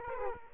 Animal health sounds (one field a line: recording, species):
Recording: mosquito wingbeat signal from an infrared sensor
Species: Aedes aegypti